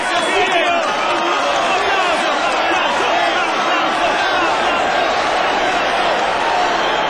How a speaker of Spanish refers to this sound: Rico el asado. Un aplauso para el asador. Ya, sí. Un aplauso. Y para el que va a lavar los platos. También. Un aplauso.